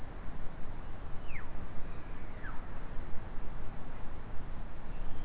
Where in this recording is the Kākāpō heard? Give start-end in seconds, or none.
none